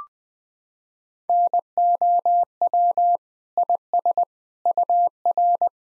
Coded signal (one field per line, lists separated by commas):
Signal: Morse code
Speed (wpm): 21 wpm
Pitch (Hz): 700 Hz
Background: none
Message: NOW IS UR